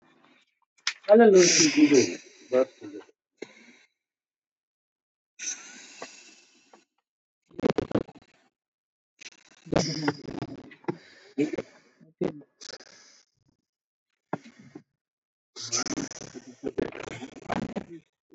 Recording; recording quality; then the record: deep breathing; moderate, slight background noise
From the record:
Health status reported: healthy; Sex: male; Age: 35 years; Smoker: no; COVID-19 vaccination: both doses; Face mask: not worn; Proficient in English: yes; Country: India